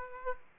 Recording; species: mosquito wingbeat signal from an infrared sensor; Aedes aegypti